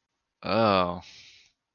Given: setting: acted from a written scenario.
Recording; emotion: vocal sound without words; embarrassment